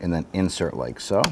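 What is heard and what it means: Someone talks while the door release cable end is inserted into the interior door handle bracket on the rear door panel of a 2006-2017 Buick Enclave during a rear window regulator replacement. The clip ends just before the cable end goes home, so nothing has seated or clicked yet.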